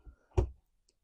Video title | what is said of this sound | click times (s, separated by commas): Who Makes the Best 1:64 Peterbilt 359? DCP vs IXO Models | Little bit stiff, but pops right in there. | 0.4 s